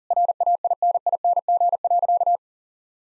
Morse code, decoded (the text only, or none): RAINING.